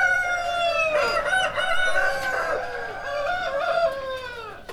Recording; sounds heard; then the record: poultry house recording; healthy chickens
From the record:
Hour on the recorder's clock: 3